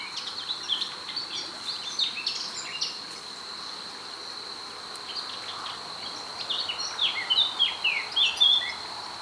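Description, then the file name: Eurasian blackcap song: a warbled phrase at the start, a quiet gap, then another fast phrase of sweeping notes near the end, with a persistent high whine. "Sylvia atricapilla"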